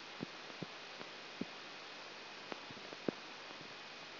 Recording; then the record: brain microelectrode recording played as sound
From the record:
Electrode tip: outside the subthalamic nucleus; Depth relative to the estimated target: -6 mm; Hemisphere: right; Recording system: AlphaMap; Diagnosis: Parkinson's disease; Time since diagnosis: 19 years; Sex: male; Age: 59 years